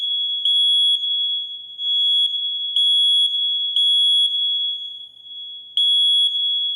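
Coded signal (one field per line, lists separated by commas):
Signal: alarm pattern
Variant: smoke detector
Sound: loud, shrill high-pitched alarm tone, nearly continuous, with faint pulsing every half second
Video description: It is the recognizable smoke alarm beep beep beep that goes off when a smoke detector senses smoke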